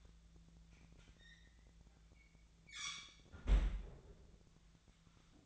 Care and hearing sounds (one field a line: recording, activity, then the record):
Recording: daily activity, microphone in the room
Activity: close fridge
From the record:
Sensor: 3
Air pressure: 1009.6 hPa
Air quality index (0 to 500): 195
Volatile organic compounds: 16 ppm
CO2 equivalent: 2537 ppm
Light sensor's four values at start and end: 36/89/38/41 and 36/89/38/40